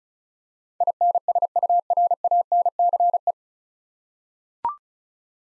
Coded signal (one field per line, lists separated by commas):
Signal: Morse code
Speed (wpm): 36 wpm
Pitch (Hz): 700 Hz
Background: none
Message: INSURANCE